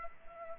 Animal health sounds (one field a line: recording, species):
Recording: mosquito wingbeat signal from an infrared sensor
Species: Culex pipiens